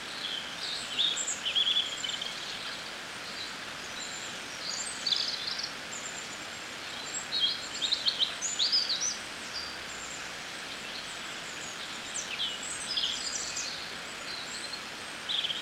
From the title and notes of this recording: Birds singing in Scotland near a river, by burgh records from freesound.org.